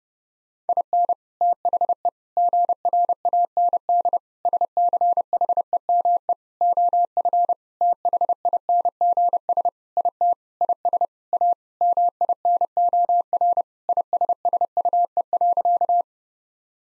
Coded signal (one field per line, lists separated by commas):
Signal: Morse code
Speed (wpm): 30 wpm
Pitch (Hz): 700 Hz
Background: none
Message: IN THE GRAND SCHEME OF THINGS IT IS A MINOR ISSUE.